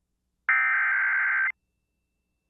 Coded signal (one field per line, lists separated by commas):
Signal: Emergency Alert System (SAME) tones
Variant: header bursts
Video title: Severe Thunderstorm Warning (Sherman and Wallace Counties, KS) (9/9/25) [EAS #295]